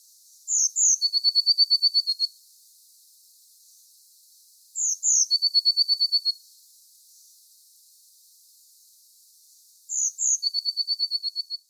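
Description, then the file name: Eurasian blue tit phrase repeated three times, about every five seconds: two very high thin notes, then a rapid even trill of about ten short notes. "Cyanistes caeruleus"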